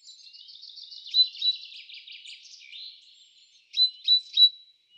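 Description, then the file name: Great tit with a long, scratchy churring chatter, then a clean burst of three bright, metallic high notes. "Parus major"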